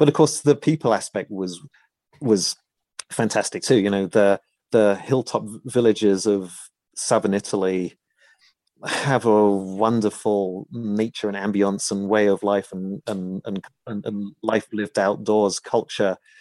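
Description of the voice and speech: Adult man with a stammer since childhood speaking in a monologue, with whole-word repeats ('was', 'the') and a run of five repeated 'and's separated by pauses, typical of stuttering.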